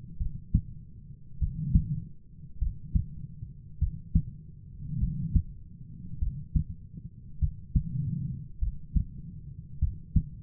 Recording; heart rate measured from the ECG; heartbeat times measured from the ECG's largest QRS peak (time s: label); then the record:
heart sounds by stethoscope; 50 bpm
0.17 s: heartbeat
1.37 s: heartbeat
2.58 s: heartbeat
3.78 s: heartbeat
4.98 s: heartbeat
6.18 s: heartbeat
7.38 s: heartbeat
8.58 s: heartbeat
9.78 s: heartbeat
From the record:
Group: heart failure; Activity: rest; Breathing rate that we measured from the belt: 19 breaths a minute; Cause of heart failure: dilated cardiomyopathy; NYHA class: 3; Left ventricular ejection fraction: 27%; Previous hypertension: present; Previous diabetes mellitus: present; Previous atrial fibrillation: present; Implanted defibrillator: present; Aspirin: present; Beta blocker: bisoprolol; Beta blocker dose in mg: 1.25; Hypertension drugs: sacubitril-valsartan, spironolactone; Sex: female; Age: 39 years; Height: 170 cm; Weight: 64 kg